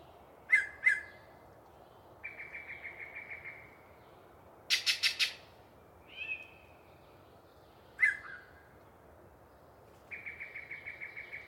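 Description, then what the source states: Yellow-breasted chat song alternating two clucks, a pulsed series, a rapid harsh burst, a nasal note, another cluck and a final pulsed run. Long pre-dawn song by one very chatty bird in deciduous cover near the microphones.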